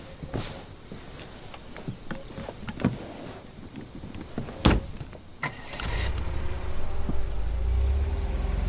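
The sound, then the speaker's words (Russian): Scattered clicks and soft thumps give way to a steady low engine rumble and rushing wind as a convertible car starts to drive off, the noise swelling and holding to the end. “Кабриолет начинает движение.”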